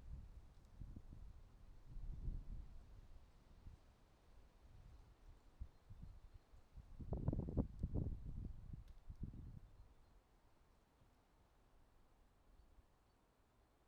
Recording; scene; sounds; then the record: everyday scene through a hearing-aid microphone; wind on the microphone; wind, traffic, birds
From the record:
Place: suburban garden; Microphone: in the ear canal, right